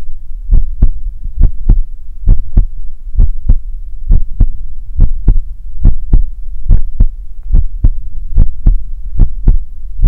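Steady paired low thumps, a lub-dub pattern at about 70 beats a minute, repeat evenly over a soft low hum. This is an ordinary adult heartbeat heard close up, the person's own heartbeat offered as ASMR for listening to while falling asleep, with no extra sounds between beats.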